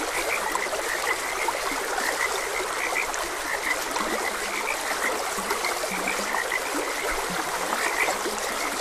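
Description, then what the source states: Frogs giving a chorus of brief high croaks, spaced irregularly throughout, alongside steady water flowing in a stream. Frogs croaking beside a gentle stream.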